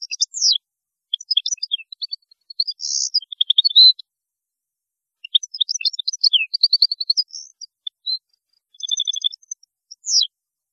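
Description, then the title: European goldfinch song, a rapid tumbling run of bright tinkling notes and buzzy trills, in two long phrases separated by a short pause, with no other sounds. "Chant Chardonneret"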